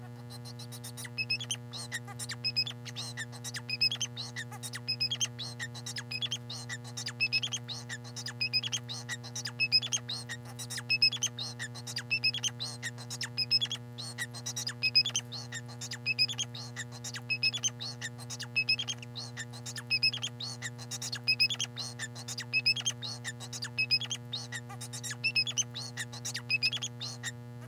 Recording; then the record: song of a male Bengalese finch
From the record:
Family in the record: son of father 4